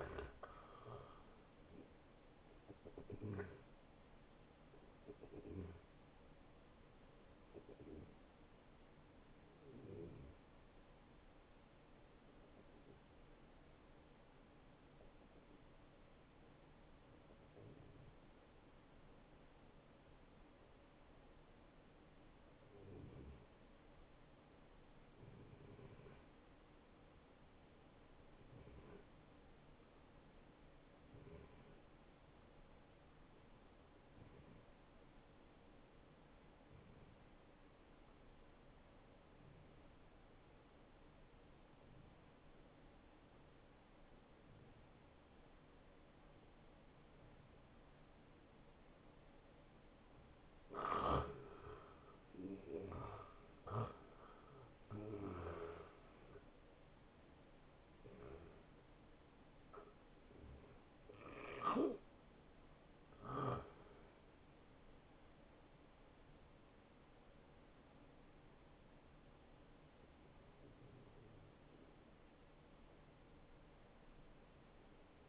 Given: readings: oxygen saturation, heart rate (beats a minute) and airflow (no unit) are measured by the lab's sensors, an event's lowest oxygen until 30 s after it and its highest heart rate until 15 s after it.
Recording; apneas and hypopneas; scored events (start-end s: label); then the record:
breathing in sleep by a voice recorder at the bedside; 1
11.00-49.70 s: hypopnea (N1, oxygen 94% highest, then 85% lowest, heart rate 71 at the start, 77 highest)
From the record:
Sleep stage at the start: N1 (lightest sleep); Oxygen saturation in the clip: 85 to 94%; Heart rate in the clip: 60 to 81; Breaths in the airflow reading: 20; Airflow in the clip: -13.2 to 8.2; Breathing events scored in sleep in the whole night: 263 in 5.5 hours asleep